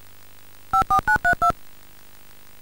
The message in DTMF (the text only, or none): 54932